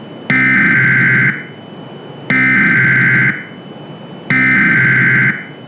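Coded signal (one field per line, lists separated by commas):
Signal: Emergency Alert System (SAME) tones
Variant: header bursts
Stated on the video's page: Hypothetical hurricane scenario alert with valid EAS tones; not a real event.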